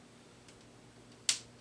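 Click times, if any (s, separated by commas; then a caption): 1.3 s. A plastic/die-cast docking piece from a DX Soul of Chogokin Mazinger Z collectible robot figure is pushed into the action figure's body to test whether it is a docking mechanism. After a faint tick around 0.5 s, a sharp, bright click rings out at 1.3 s as the part snaps into place and seats.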